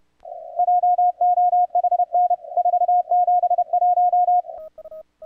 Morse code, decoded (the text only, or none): JOHN 471